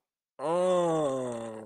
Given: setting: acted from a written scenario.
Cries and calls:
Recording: vocal sound without words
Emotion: realization

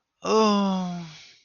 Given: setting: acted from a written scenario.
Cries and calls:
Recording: vocal sound without words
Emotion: ecstasy

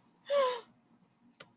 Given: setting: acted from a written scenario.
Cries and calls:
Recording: vocal sound without words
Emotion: distress

